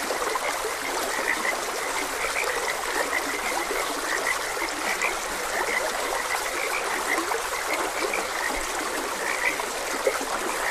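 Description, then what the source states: Frog croaks form a steady, dense chorus of brief high notes over unbroken stream sound. Frogs croaking beside a gentle stream; nature ambience.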